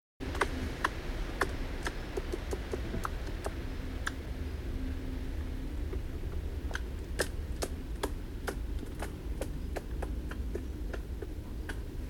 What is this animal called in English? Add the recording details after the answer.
Eurasian Red Squirrel. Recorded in the wild. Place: Neustrelitz, Mecklenburg-Vorpommern, DE. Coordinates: 53.36, 13.073. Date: 1986-09-05. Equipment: Nagra III BH, Sennheiser MD 21, parabola. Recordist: Schubert, Michael